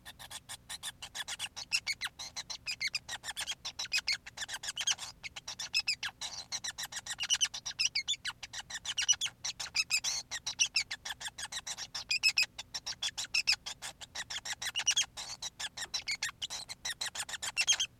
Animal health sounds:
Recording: song of a male Bengalese finch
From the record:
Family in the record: son of father 5

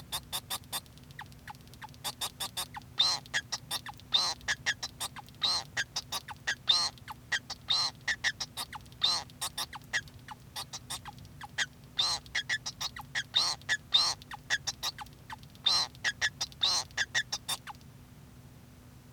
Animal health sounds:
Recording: song of a male Bengalese finch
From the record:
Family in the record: son of father 2

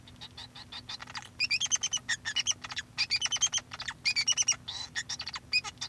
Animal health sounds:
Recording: song of a male Bengalese finch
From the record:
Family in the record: son of father 2

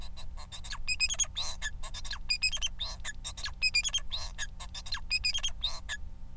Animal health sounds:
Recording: song of a male Bengalese finch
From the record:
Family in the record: son of father 4

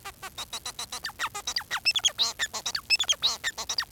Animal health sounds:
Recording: song of a male Bengalese finch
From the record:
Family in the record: son of father 4

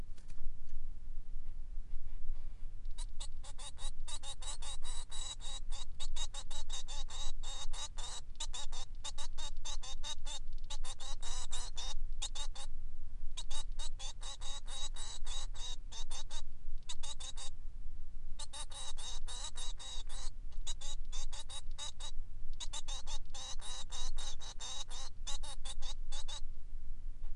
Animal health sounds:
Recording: song of a male Bengalese finch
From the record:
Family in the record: son of father 3

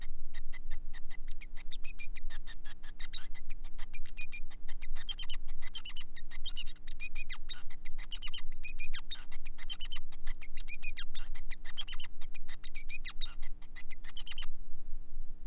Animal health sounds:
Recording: song of a male Bengalese finch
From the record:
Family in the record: son of father 5

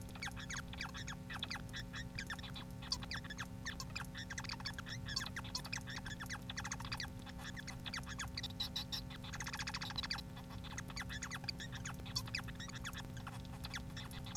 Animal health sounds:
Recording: song of a male Bengalese finch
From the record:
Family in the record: son of father 4

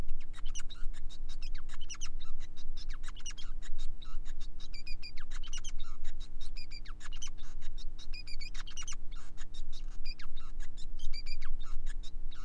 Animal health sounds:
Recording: song of a male Bengalese finch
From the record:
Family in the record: son of father 5

